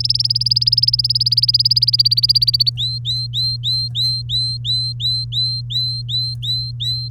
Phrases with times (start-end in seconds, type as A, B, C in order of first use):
0.00-2.69 A, 2.77-7.08 B